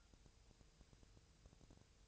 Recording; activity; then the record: daily activity, microphone in the room; take from stove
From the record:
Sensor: 2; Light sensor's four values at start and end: 6/15/6/6 and 6/15/6/6